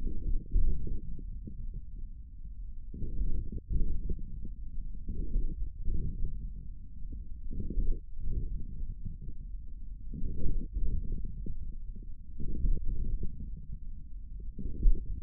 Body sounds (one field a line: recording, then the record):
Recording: forearm muscle sounds (acoustic myography)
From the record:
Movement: wrist flexion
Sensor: system 1, eight BSWA MPA416 microphones around the upper forearm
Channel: 5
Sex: male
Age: 41 years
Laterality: right